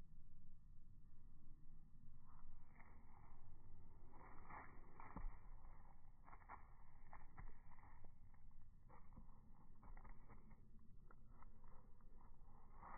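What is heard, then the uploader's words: Playing catch in a backyard: short, sharp thumps and taps come at irregular moments, clustering more thickly after the first few seconds. Underneath runs a constant low rumble, with a thin steady whine holding at one pitch the whole time. Charlie Playing With Ball in Backyard. Charlie and I were playing catch in the backyard.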